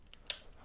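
An Excalibur Assassin crossbow string is cranked back near the top of its draw until the two hooks of the trigger mechanism catch it, while a small lever moves forward and back. After a faint tick at 0.1 s, a sharp, bright click at 0.3 s marks the string latching into the trigger hooks. The string is confirmed seated.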